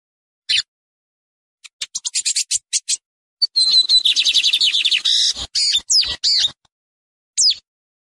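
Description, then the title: Lined seedeater song: quick dry clicks build into a rapid rattling, buzzy phrase, followed by a pause and one sharp downslurred chip. Song recording made for warming up and training a pet bird. "Novo Canto de Bigodinho. Melhor Canto de Bigode para Esquentar e Treinar seu Pássaro"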